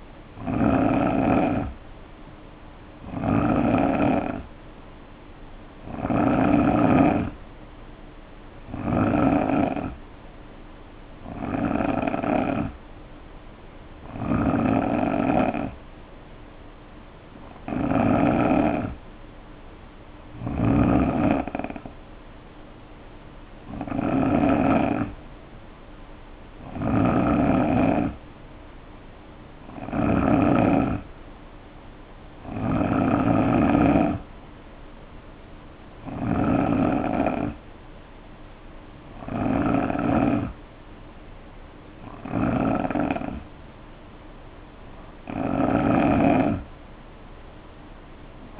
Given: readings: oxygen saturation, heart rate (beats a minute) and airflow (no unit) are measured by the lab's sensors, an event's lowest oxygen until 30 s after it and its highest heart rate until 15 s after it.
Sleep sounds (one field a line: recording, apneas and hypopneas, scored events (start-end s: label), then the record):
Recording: breathing in sleep by a voice recorder at the bedside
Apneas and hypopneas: none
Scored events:
19.00-48.60 s: new sleep stage, N2 (light sleep)
From the record:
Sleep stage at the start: N3 (deep sleep)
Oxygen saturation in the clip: 88 to 90%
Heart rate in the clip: 59 to 67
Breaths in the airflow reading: 16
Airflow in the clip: -3.9 to 3.6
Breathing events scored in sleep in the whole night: 520 in 7.2 hours asleep